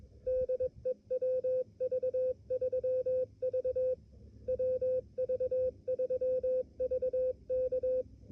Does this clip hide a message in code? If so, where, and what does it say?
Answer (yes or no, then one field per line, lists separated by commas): yes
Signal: Morse code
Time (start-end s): 0.3-8.0 s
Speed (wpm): 22 wpm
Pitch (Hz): 500 Hz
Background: none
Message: DE WV3V WV3V K